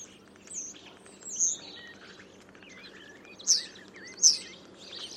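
Common starling giving clear slurred whistles and short squeaky notes, with two piercing high calls near the end, set against a faint low murmur.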